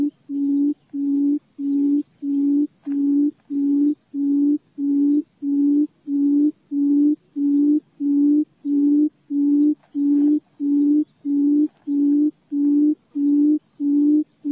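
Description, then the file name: Quail producing a low, booming hoot over and over at a fast, even pace, roughly 94 a minute, while thin whistled notes of other birds sound faintly. "นกคุ่ม"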